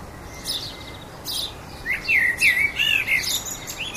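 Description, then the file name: Common blackbird pouring out a rich, rolling fluty warble in the second half, with high squeaky notes above it. "Turdus merula"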